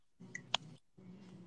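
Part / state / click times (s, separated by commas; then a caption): pen cap onto fountain pen body / seated / 0.6 s. A cap is pushed onto a Lamy fountain pen body over a low background hum, with a faint tick at 0.4 s and then a sharp, bright click at 0.6 s. The cap clicks home and is seated, a satisfying little click.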